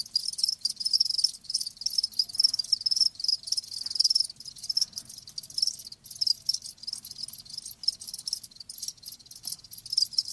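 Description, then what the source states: Crickets chirping, a high rapid trill pulsing in loudness with occasional brief breaks. Live crickets chirping with a lulling song.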